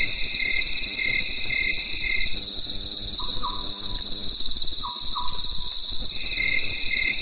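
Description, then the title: Crickets trill constantly at a high pitch. A lower pulsed chirping stops and returns near the end, and two pairs of mellow notes sound midway. Night in the mountains; crickets calling in a chorus. "At night, the cricket cricket and nightingale choir in the mountains"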